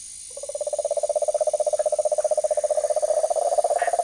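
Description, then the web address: Cane toad call, a long steady low trill of rapid pulses holding nearly one pitch, with faint insect hum in the background. Recorded in the Ecuadorian Amazon. "Frogs of Ecuadorian Amazon Bufo marinus"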